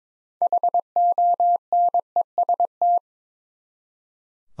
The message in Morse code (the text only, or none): HONEST